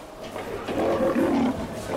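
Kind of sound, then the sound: animal, lion roaring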